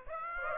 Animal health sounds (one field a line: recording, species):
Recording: mosquito wingbeat signal from an infrared sensor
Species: Aedes aegypti